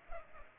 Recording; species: mosquito wingbeat signal from an infrared sensor; Culex pipiens